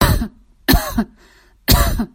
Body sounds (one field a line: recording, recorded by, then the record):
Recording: voluntary cough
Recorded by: messaging app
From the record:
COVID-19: negative